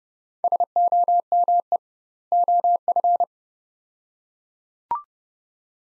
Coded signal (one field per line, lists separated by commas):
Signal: Morse code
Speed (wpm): 29 wpm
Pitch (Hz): 700 Hz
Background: none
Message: SOME OF